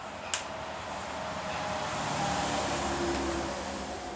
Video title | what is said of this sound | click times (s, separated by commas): You Will Throw Away Your Gas Can Spouts after Seeing this Video | the hole is drilled and this should snap right in place | 0.3 s